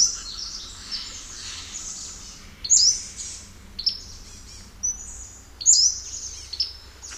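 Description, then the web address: Pacific-slope flycatcher singing several high, sharp, slurred notes, with busy high-pitched background chatter. North America; a common western species. "Songs of Birds of North America. Pacific-slope Flycatcher"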